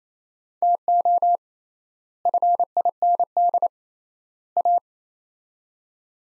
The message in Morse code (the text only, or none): TO FIND A